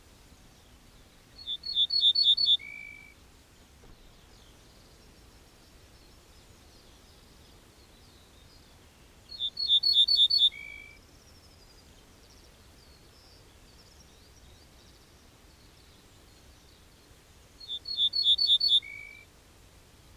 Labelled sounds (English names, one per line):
Ortolan Bunting song